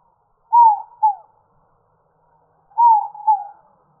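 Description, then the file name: Dove giving two falling double-note coos about two seconds apart, each note clear and mellow, in an otherwise quiet background. "AZFO INDO 5 deviche"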